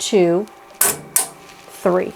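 Someone talks while pressing the second clip release on the cap hoop that holds a Richardson 112 cap, freeing it from the cap driver of a Melco embroidery machine. Sharp clicks are heard at 0.8 s and 1.2 s. The clip is pressed open and the hoop is released.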